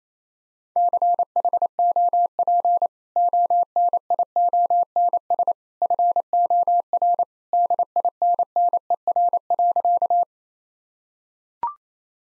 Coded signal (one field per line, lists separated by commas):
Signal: Morse code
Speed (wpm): 27 wpm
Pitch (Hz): 700 Hz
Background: none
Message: CHOP ONIONS FOR DINNER.